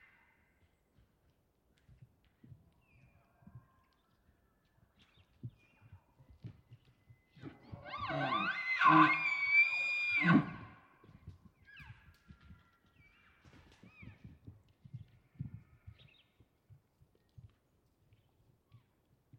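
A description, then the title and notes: An elk bugle rises near the middle, a loud, strained call with a high whistling tone from about 7.5 to 10.5 seconds. Before and after it, soft low thumps and grunts repeat irregularly, with a few faint high chirps scattered through the quiet. A short representative collection of elk (and a few birds) from a recent expedition. It was rutting season in the Colockum Wildlife area. These are raw tracks, down-mixed to stereo (from double-m/s), normalized to -23 LUFS and down-sampled to 48k with no other filtering. Elk, mostly bulls bugling, screaming, roaring, whistling, and chirping.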